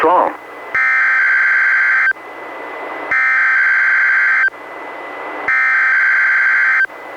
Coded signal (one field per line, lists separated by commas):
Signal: Emergency Alert System (SAME) tones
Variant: header bursts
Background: speech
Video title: EAS #457: NWR Required Weekly Test- Jan. 27, 2021- 11:30AM PST